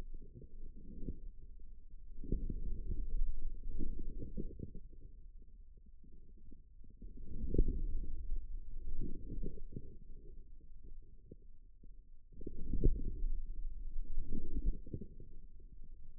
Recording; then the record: forearm muscle sounds (acoustic myography)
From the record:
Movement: outward rotation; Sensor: system 2, bracelet of six BSWA MPA416 microphones around the upper forearm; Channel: 1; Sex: male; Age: 22 years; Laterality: right